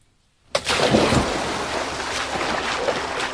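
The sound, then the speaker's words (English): After a brief silence, a sudden loud splash breaks in as a boy dives into a lake, followed by a steady rushing, churning wash of water that continues to the end. “The words were barely uttered when the boy turned and dived into the water.”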